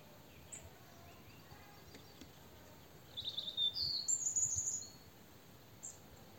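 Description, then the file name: European robin giving one brief high, thin, twittering phrase of rapid notes about midway through, with a steady background hiss and a few faint ticks. "Erithacus rubecula"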